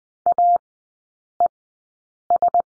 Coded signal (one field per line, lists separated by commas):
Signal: Morse code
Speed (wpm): 20 wpm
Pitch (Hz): 700 Hz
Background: none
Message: AES